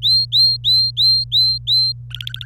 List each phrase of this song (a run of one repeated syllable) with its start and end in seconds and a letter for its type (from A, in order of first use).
0.02-1.92 A, 2.10-2.45 B